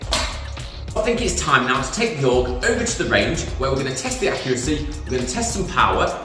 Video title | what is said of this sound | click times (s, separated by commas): Airsoft Review: Snow Wolf AUG AEG | once loaded and wound up insert into your gun and then just push your magazine in until you hear it click | 0.1 s